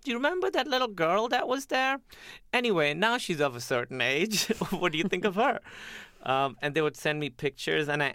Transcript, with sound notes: Do you remember that little girl that was there? Anyway, now she's of a certain age (laughter). What do you think of her? And they would send me pictures.